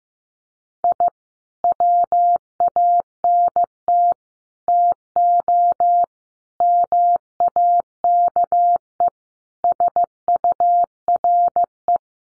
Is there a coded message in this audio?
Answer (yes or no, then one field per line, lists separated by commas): yes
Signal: Morse code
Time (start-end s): 0.8-12.0 s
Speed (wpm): 15 wpm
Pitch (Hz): 700 Hz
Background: none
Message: I WANT TO MAKE SURE